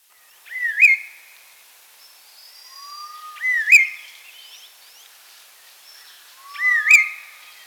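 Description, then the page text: Chestnut-crowned laughingthrush giving a rising-falling whistled call with an emphatic peak three times, roughly every three seconds, with thin sliding whistles and a low flat note between. "Chestnut-Crowned Laughingthrush Call. Quick Sounds"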